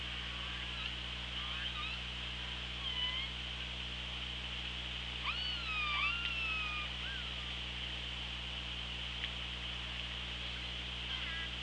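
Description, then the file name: Killer whale calls: several tonal, wavering whistle-like sounds with harmonics, some rising and falling sweeps clustered midway, over constant hiss and a low steady hum. OrcaLab hydrophone at Cracroft Point, 24 August 2017, 16:36. "Orca Lab 20170824 163613 CP"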